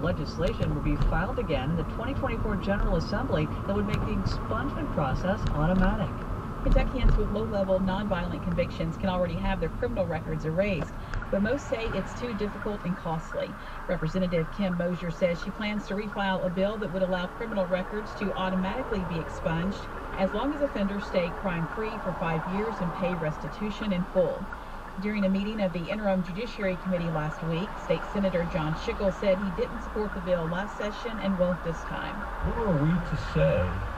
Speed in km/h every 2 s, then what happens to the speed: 21, 24, 26, 24, 21, 15, 0, 0, 0, 0, 0, 0, 0, 0, 0, 0, 0.
4-12 slows to 0. 12-34 standing.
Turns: none.